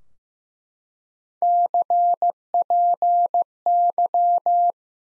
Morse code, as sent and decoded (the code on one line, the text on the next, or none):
-.-. .--. -.--
CPY